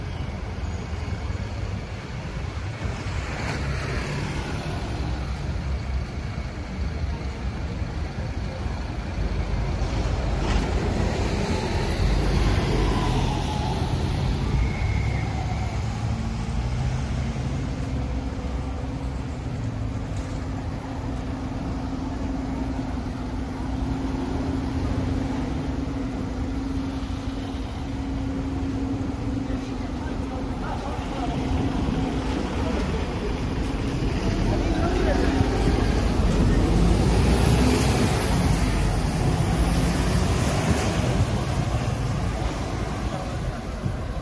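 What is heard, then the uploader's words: Street sounds on a walk in Tel Aviv: a dense, steady rumble of passing traffic fills the low end throughout. A sustained engine drone holds from about 17 to 32 seconds, and the traffic swells louder near 35 to 40 seconds, with faint speech mixed in. Street Sounds. Walking In Tel Aviv, Israel.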